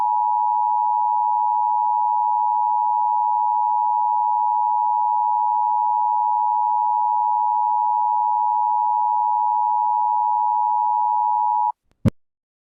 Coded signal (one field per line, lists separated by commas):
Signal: Emergency Alert System (SAME) tones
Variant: 853 and 960 Hz attention tone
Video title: EAS Scenario #4: Elmo The Killer (ReUpload)